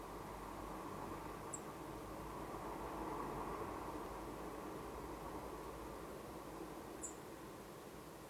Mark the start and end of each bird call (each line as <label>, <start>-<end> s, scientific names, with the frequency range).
Turdus philomelos (7.0-10.7 kHz), 1.48-1.61 s
Turdus philomelos (6.7-10.1 kHz), 7.01-7.19 s